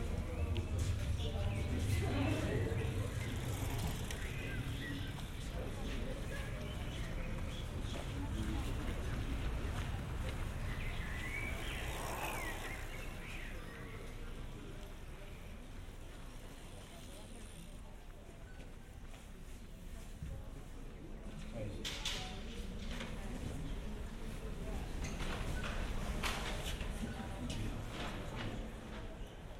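Art lovers at the Stedelijk Museum fill the air with a steady murmur of overlapping voices, dense and continuous throughout. A low rumble runs underneath, and brief sharper clatters and footsteps break through, especially around the middle and toward the end.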